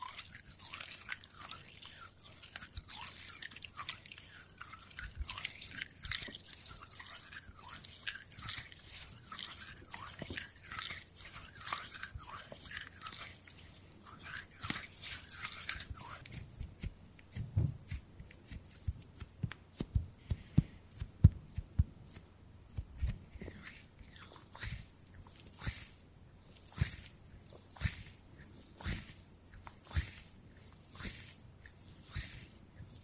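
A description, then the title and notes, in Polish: ASMR hand sounds: a steady stream of soft crackles, rubs and small clicks with a bright, hissy edge. For roughly the first sixteen seconds the rustling is dense and continuous, then it thins into sparser, sharper taps and snaps spaced irregularly through the end. ASMR DŹWIĘKI DŁONI 40 MINUT! 50+ DŹWIĘKÓW.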